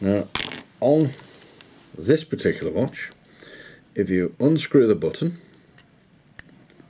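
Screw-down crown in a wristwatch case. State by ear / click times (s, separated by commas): released / 6.4 s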